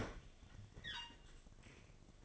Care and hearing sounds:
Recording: daily activity, microphone in the room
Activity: open fridge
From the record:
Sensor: 4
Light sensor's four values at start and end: 6/12/4/4 and 5/10/4/4

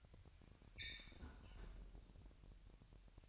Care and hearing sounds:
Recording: daily activity, microphone in the room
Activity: close fridge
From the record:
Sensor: 2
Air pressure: 1001.8 hPa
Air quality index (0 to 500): 244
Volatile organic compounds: 34 ppm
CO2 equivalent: 3039 ppm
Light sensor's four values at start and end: 8/28/11/10 and 8/28/11/10

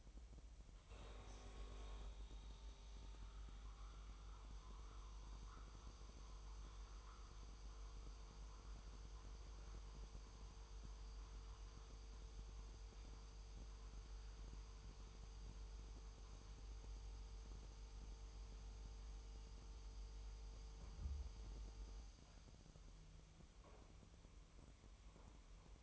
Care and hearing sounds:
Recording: daily activity, microphone in the room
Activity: make coffee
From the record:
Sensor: 1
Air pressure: 988.5 hPa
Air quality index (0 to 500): 197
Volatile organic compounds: 966 ppm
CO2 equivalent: 5255 ppm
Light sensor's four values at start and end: 26/95/36/38 and 26/95/36/38

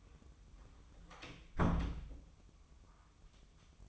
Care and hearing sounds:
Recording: daily activity, microphone in the room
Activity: close door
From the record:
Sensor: 1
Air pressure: 1004.9 hPa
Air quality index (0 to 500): 76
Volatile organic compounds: 2 ppm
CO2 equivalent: 1009 ppm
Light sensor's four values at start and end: 10/24/9/10 and 9/23/9/10

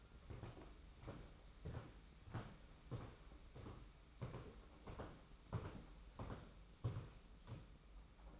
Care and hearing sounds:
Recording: daily activity, microphone in the room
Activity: walk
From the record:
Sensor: 1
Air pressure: 991.6 hPa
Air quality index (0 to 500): 169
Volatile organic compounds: 1000 ppm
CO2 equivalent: 6361 ppm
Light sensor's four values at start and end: 30/102/40/41 and 30/101/39/40

